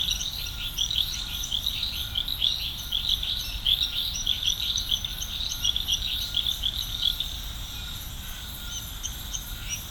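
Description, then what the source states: Dense chorus of frogs giving rapid, overlapping chirpy notes through most of the stretch, thinning near the end, with a rhythmic high insect trill behind. Chorus of frogs recorded at Serrinha do Alambari, Brazil.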